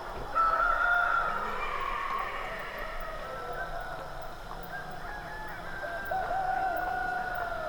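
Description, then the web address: Chicken: rooster crowing in long harmonic phrases, one near the start and another near the end, over constant background noise. Cockerel at dawn in the rural South American village of Bonito. "BBC Sound Effects Library. Rural South America. Village Bonito Dawn With Cockerel"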